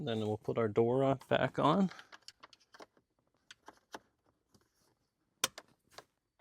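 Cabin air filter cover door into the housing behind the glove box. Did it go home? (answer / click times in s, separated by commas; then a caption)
yes / 5.4 s. Someone talks, then the plastic cabin air filter cover door is pressed back into its housing behind the glove box, with light scattered handling taps. A sharp click at 5.4 s marks the door latching on, followed by a few softer taps, and the cover is seated.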